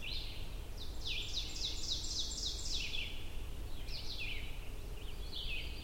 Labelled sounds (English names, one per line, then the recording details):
Ovenbird song
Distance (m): 55 m
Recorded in boreal forest in Alberta, Canada, on 22 June 2016 at 07:50
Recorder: SongMeter 3, array SBT-6-76
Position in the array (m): 154 m, 120 m
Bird 3